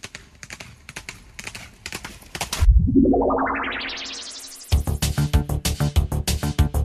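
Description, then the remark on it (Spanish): Horse hooves clip-clop in a quick, steady rhythm of sharp knocks, break off for a loud rising whoosh that glides upward in pitch, then resume at the same brisk pace. “¿Sabes quién somos? Los caballos. ¡Abre, caballito!”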